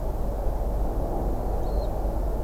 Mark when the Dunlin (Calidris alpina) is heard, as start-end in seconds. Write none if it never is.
1.63-1.87